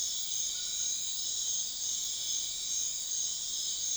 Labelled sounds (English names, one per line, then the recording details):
none
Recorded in secondary vegetation near Puerto Asís, Putumayo, Colombia, on 4 March 2025 at 04:00
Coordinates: 0.500, -76.326
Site GP04